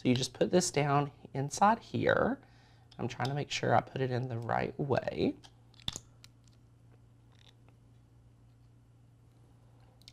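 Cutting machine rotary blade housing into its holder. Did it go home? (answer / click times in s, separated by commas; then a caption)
yes / 5.9 s. A cutting machine's rotary blade housing is set down into its holder while someone talks, taking care to orient it the right way. A sharp click at 5.9 s marks the housing seating into place, followed by a few faint ticks in the quiet.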